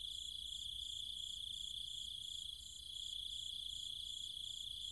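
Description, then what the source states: Cicadas and insects give a constant shrill whine with a rapid throbbing layer above it. Cicadas and other insects calling at night in trees and fields of the countryside near Chiang Mai, Thailand.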